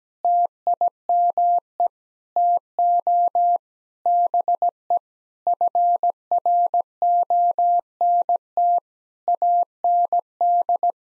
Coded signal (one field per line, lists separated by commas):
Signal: Morse code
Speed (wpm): 17 wpm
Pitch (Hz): 700 Hz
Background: none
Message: TIME TO BE FRONT AND